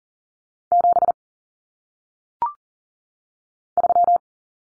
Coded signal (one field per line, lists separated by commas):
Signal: Morse code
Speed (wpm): 42 wpm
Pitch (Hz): 700 Hz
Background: none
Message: 7 3